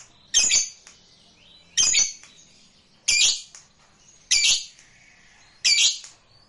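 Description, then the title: Lovebird giving short, harsh, high squawking bursts at regular intervals, five in all, with quiet gaps between. Used to stimulate a lazy lovebird that sings little into spontaneous, energetic singing. "LOVEBIRD Malas Bunyi JADI GREGET SPONTAN Langsung NARIK"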